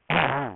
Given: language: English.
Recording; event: throat vibration sensor signal played as sound; throat clearing